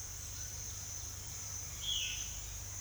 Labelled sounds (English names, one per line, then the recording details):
Violaceous Jay
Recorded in secondary vegetation near Puerto Asís, Putumayo, Colombia, on 30 June 2025 at 09:00
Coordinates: 0.498, -76.327
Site GP09